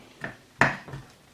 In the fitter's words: nice click perfect